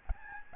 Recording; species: mosquito wingbeat signal from an infrared sensor; Aedes albopictus